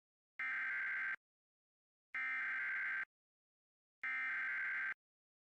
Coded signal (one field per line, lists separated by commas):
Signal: Emergency Alert System (SAME) tones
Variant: header bursts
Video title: (EXTREMELY RARE!!!!) EAS #2,338 - #2,339: 2 LOCAL AREA EMERGENCY ALERTS FOR MADISON COUNTY NEBRASKA!